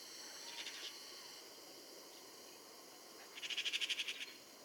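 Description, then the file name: Eurasian magpie chatter: a faint short rattle early on, then a louder dry rattling burst of about ten rapid pulses near the end, over steady background hiss. "Pica pica"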